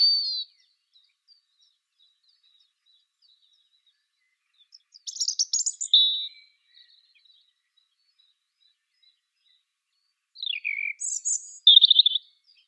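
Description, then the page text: European robin song: brief high, thin phrases of tinkling, sliding notes and quick trills, one opening, two more after long pauses, with a quiet background otherwise. "Птицы-целители - Зарянка (Erithacus rubecula)"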